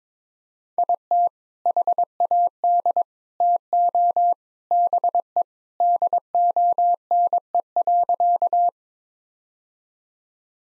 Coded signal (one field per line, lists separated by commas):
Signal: Morse code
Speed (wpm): 22 wpm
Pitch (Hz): 700 Hz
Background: none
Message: IT HAD TO BE DONE.